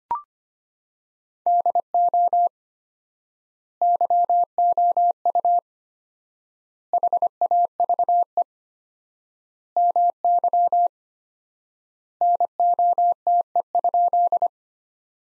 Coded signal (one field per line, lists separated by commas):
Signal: Morse code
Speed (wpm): 25 wpm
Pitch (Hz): 700 Hz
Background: none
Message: DO YOU HAVE MY NOTE?